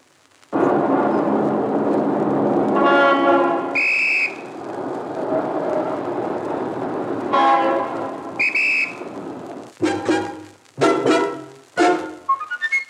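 A moving train rumbles steadily while its whistle, which sounds every five minutes, blows in several shrill, tonal blasts, followed near the end by a run of sharp rhythmic bursts.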